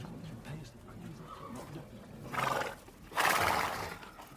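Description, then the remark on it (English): Horses whinny twice in a warm stable holding about 20 horses, two loud, breathy, rising bursts in quick succession after a stretch of low, muffled shuffling and murmuring. “Let me show you the stables.”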